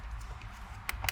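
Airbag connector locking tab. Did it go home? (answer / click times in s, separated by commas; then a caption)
yes / 1.1 s. The locking tab on the orange airbag connector of a Toyota 4Runner SR5 is pressed shut during a clock spring replacement to fix the horn. Over a low steady hum, a few faint taps come first, then a sharp click at 1.1 s. The connector lock clicks closed and the connector is seated.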